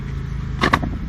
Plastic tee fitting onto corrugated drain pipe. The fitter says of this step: remember it'll snap in place we're